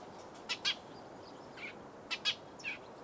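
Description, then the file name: Eurasian tree sparrow chirps, short bright notes, two quick pairs with a few softer single notes between and after, over a faint hiss. "mezei vereb hangja"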